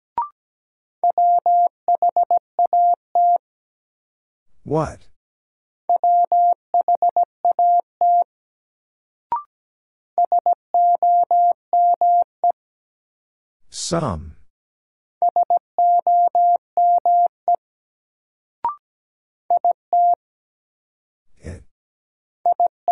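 A word is sent in Morse code as a steady mid-pitched beep, keyed in quick short and long tones. The groups repeat about every five seconds with silent gaps between them, broken by brief rising whooshes and a few sharp clicks.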